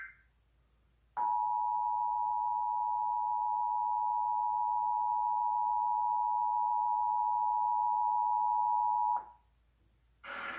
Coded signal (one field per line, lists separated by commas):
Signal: Emergency Alert System (SAME) tones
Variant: 853 and 960 Hz attention tone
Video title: 2018 Iowa Tornado Drill tests on TV and radio (EAS #499-516)